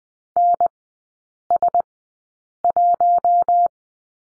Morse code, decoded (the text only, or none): NS1